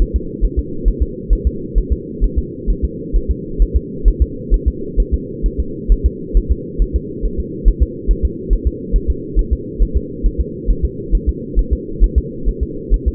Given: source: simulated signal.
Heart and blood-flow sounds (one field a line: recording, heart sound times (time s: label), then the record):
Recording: fetal heart sounds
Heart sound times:
0.02 s: S1
0.16 s: S2
0.45 s: S1
0.59 s: S2
0.88 s: S1
1.03 s: S2
1.33 s: S1
1.47 s: S2
1.78 s: S1
1.93 s: S2
2.24 s: S1
2.38 s: S2
2.70 s: S1
2.84 s: S2
3.16 s: S1
3.31 s: S2
3.62 s: S1
3.77 s: S2
4.08 s: S1
4.22 s: S2
4.54 s: S1
4.68 s: S2
5.00 s: S1
5.14 s: S2
5.46 s: S1
5.60 s: S2
5.92 s: S1
6.06 s: S2
6.37 s: S1
6.52 s: S2
6.82 s: S1
6.96 s: S2
7.25 s: S1
7.40 s: S2
7.68 s: S1
7.83 s: S2
8.11 s: S1
8.25 s: S2
8.53 s: S1
8.67 s: S2
8.96 s: S1
9.10 s: S2
9.39 s: S1
9.53 s: S2
9.83 s: S1
9.97 s: S2
10.26 s: S1
10.41 s: S2
10.71 s: S1
10.85 s: S2
11.15 s: S1
11.29 s: S2
11.59 s: S1
11.73 s: S2
12.04 s: S1
12.18 s: S2
12.49 s: S1
12.63 s: S2
12.94 s: S1
13.08 s: S2
From the record:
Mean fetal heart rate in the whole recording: 135 bpm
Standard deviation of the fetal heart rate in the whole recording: 3 bpm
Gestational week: 36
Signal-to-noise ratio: -4.3 dB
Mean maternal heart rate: 72 bpm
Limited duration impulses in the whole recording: absent